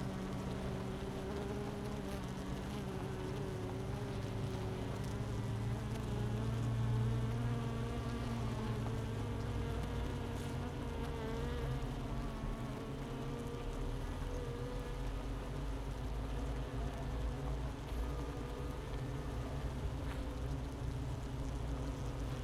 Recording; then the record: honeybee colony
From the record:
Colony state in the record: missing queen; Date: 31 May 2018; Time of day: 10:49